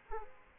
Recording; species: mosquito wingbeat signal from an infrared sensor; Aedes aegypti